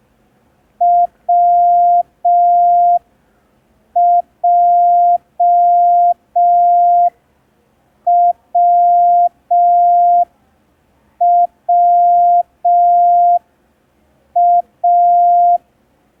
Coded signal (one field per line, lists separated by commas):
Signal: Morse code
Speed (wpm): 5 wpm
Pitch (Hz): 700 Hz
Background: none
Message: WJWWA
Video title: [MC–03] Learn Morse Code in 10 Days (Day 3) – ASOC Tutorials India